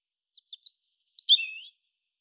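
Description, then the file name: European robin song phrase: two faint ticks, then a long high thin whistle dropping into a few quick lower notes, about a second long, in otherwise clean quiet. "Erithacus rubecula"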